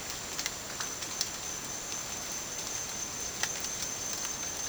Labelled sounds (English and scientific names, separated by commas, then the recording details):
none
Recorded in dense forest near Puerto Asís, Putumayo, Colombia, on 29 June 2025 at 13:30
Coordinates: 0.484, -76.317
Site G045